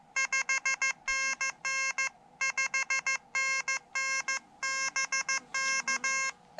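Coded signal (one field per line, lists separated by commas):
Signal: Morse code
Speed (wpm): 15 wpm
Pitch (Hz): 2150 Hz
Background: none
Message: 5NN 5NN BK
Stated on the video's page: Morse sent on an Elecraft KH1 during a Summits on the Air summit activation, QRP portable operation.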